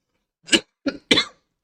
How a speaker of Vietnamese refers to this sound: Sorry anh em nhé, tự nhiên ho quá.